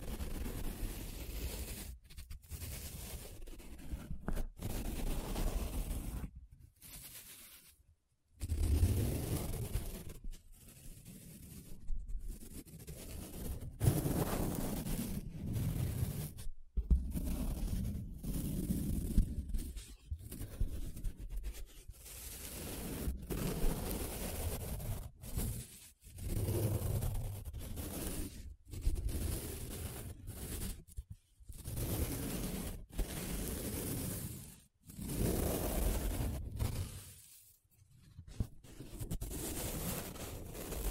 Paper Sounds Tracing, Scratching, Rubbing